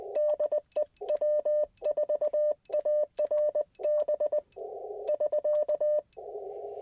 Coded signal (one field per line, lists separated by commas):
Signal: Morse code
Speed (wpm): 20 wpm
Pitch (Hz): 600 Hz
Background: none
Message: DE W4ARB <SK>